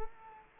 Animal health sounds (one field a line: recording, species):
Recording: mosquito wingbeat signal from an infrared sensor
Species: Culex quinquefasciatus